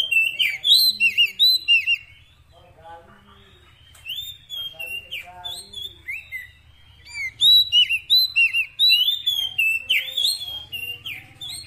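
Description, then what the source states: Oriental magpie-robin song of loud varied whistles and chirps in quick bursts, a quieter stretch in the middle, with a low steady hum underneath throughout. Fill-in (isian) song of kacer, meant to get a bird singing actively (gacor) day and night.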